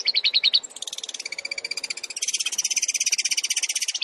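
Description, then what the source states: Shrike-type song of rapid, harsh, high repeated notes, opening with a few quick chips, then a steady fast rattling series of buzzy pulses. Used as masteran training material for other shrikes; described as full of tembakan (rapid shot-like phrases).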